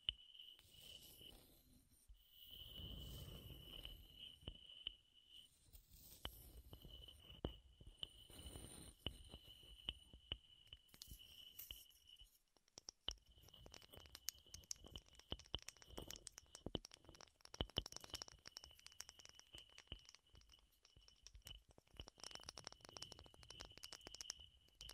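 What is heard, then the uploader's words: Wood triggers: dense, irregular tapping and scratching clicks with a steady bright whine running through, heavier low thumps near the start. ASMR Wood Triggers in Your Ears (No Talking).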